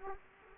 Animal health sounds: mosquito wingbeat signal from an infrared sensor; Culex quinquefasciatus

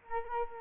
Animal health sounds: mosquito wingbeat signal from an infrared sensor; Culex quinquefasciatus

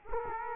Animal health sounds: mosquito wingbeat signal from an infrared sensor; Culex quinquefasciatus

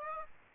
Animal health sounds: mosquito wingbeat signal from an infrared sensor; Aedes aegypti

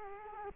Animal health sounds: mosquito wingbeat signal from an infrared sensor; Culex quinquefasciatus

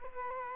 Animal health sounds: mosquito wingbeat signal from an infrared sensor; Culex quinquefasciatus

